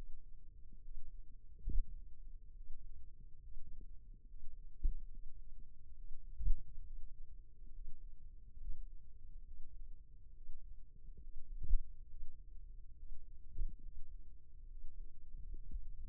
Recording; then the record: forearm muscle sounds (acoustic myography)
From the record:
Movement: finger pinch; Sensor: system 2, bracelet of six BSWA MPA416 microphones around the upper forearm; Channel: 6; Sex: male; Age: 22 years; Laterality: right